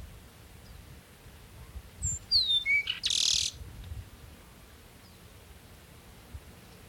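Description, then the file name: Peruvian meadowlark singing one phrase of short, clear descending whistles that end in a loud, raspy buzz, over a steady low background hiss. "Sturnella bellicosa - Peruvian Meadowlark"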